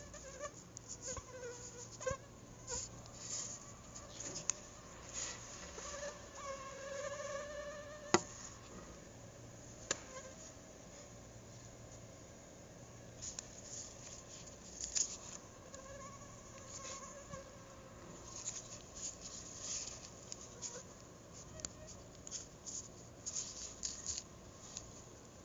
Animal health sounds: mosquito flight sound by mobile phone; Anopheles gambiae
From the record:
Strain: RSP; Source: CDC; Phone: Google Nexus

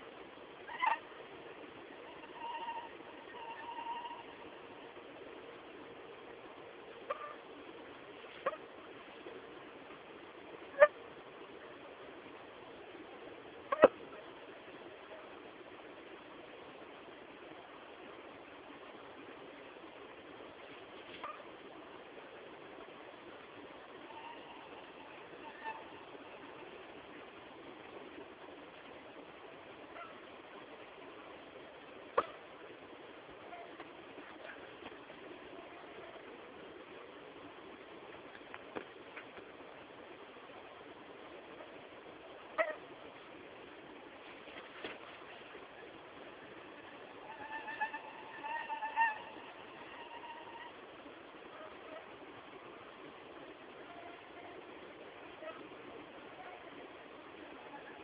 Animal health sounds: mosquito flight sound by mobile phone; Anopheles farauti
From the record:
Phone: Samsung T209

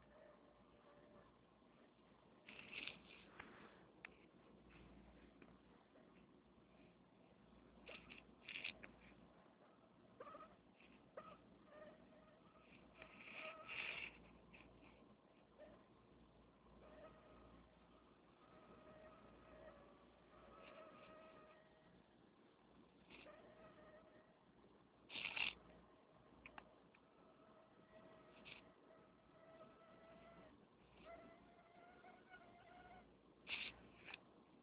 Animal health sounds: mosquito flight sound by mobile phone; Anopheles minimus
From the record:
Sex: female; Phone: Nokia 6555B

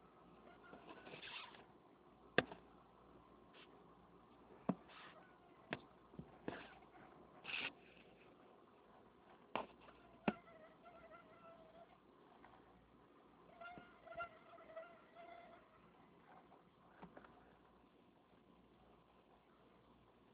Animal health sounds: mosquito flight sound by mobile phone; Anopheles freeborni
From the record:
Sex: male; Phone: Nokia 6555B

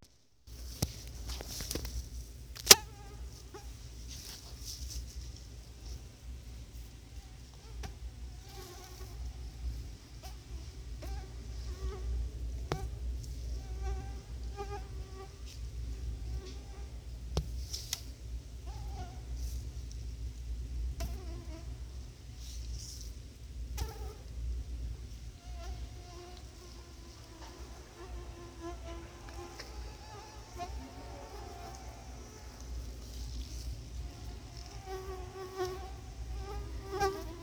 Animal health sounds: mosquito flight sound by mobile phone; Anopheles quadrimaculatus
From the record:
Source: Auburn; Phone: Sony Xperia

